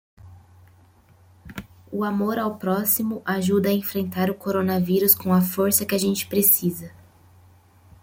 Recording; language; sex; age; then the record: spoken sentence; Brazilian Portuguese; female; 20 to 29 years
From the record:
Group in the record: control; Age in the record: 28 years